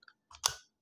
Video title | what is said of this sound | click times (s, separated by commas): TELESIN Magnetic Neck Mount GoPro Insta360 DJI Osmo Action 4 Go Pro Camera for Photography Vlogging | nagki-click na pero meron din to kasi | 0.5 s